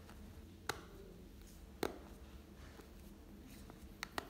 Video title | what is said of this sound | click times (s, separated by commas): Changement de batterie Iphone 5 pour 14,99€ !!! | on va reclipser tout le téléphone en commençant par le haut voilà | 0.7 s, 1.8 s, 4.0 s, 4.2 s